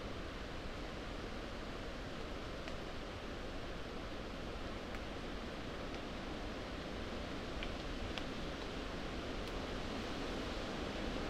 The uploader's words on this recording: An hour under moorland trees (rainy and sleep safe). The flurries of rain. Blowing and sprinkling the falling raindrops over wide, waxy, sheltering leaves.